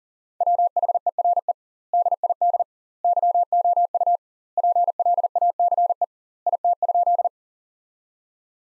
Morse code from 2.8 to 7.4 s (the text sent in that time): YOU PLACE IT?